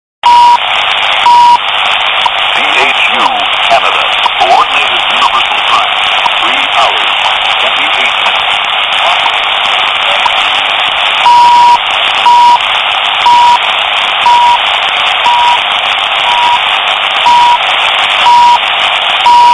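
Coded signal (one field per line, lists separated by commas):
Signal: radio time signal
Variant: CHU Canada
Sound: short 1 kHz beeps once each second, one longer beep, over hissy static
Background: radio static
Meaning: Each 1 kHz tick marks one second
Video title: CHU TIME SIGNAL STATION CANADA 7850 KHz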